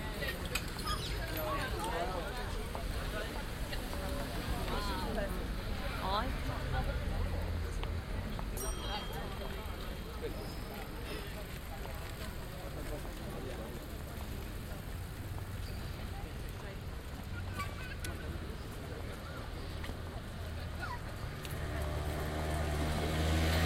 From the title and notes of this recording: A short recording on the junction Prinsengracht - Spiegelgracht, Amsterdam.